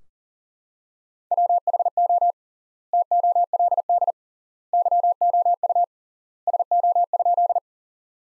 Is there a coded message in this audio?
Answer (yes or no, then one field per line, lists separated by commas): yes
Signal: Morse code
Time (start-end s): 1.3-7.6 s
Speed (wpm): 40 wpm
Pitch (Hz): 700 Hz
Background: none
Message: WHO TOLD YOU SO?